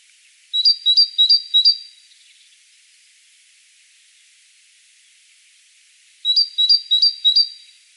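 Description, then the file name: Great tit song: two bursts of four sharp two-note phrases, separated by about four and a half seconds of quiet. "Parus major"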